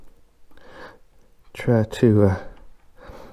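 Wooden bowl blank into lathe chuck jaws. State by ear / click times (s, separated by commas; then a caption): not seated / none. A wooden bowl blank is handled against the opened jaws of a lathe chuck, with faint rustling and contact noises around 0.5 to 1.0 s and again near 3.1 s. Someone talks briefly in the middle. Nothing has seated or clicked yet, as the blank is not yet home in the chuck.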